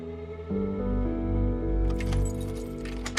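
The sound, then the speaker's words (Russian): A worker unlocks the entrance doors of a grocery store around six in the morning: keys jingle and a lock clicks in a few quick metallic clinks over a steady low, humming drone, with no one speaking. “У входа в продуктовый магазин работник отпирает двери.”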